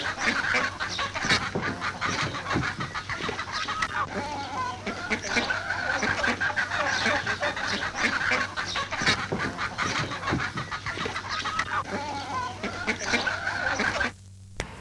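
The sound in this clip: Ducks, a flock giving loud overlapping quacks continuously over a constant low hum; the sound cuts out near the end.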